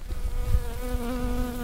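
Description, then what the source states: Bumblebee wing buzz, a steady hum with overtones, joined by a lower tone partway through. Small bumblebee about 0.4 inch long, being measured, among wildflowers in Lower Skunk Canyon, west of Boulder, in August 2014.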